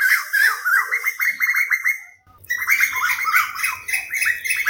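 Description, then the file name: Asian koel pours out a fast, jerky bubbling series, pausing briefly before resuming while a low rumble of background noise sets in. "Tu Hu - Cua Nhau"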